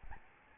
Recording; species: mosquito wingbeat signal from an infrared sensor; Aedes albopictus